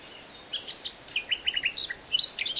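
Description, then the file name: Eurasian blackcap song fragment: brief quick warbling notes, some slurred, rising in loudness over under three seconds against a steady background hiss. "Sylvia atricapilla"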